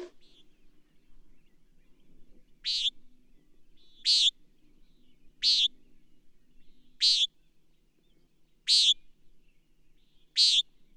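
Bird chirping: six short, high, buzzy notes at a steady pace of about one every one and a half seconds, background quiet.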